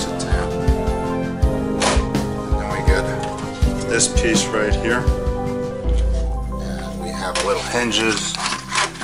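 A hinged plastic drive cover piece is handled and fitted into a Dell Inspiron 3650 desktop chassis during installation of a second and third hard drive. Someone talks over background music, with light plastic handling taps and a sharper knock near 2.1 s. The clip ends before the piece goes home, so nothing has seated or clicked yet.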